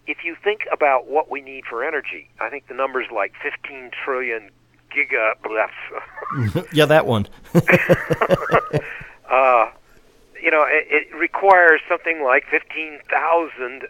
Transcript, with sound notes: if you think about what we need for energy, I think the number is like fifteen trillion giga –
Yeah, that one. [Laughter]
It requires something like fifteen thousand